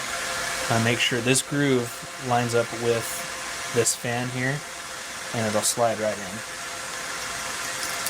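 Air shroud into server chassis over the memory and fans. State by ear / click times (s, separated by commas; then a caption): not seated / none. A plastic air shroud is lowered into a server chassis over the RAM sticks, with its groove being lined up with the fan so it can slide in, while someone talks over a steady fan-like hum. The shroud has not seated or clicked into place yet.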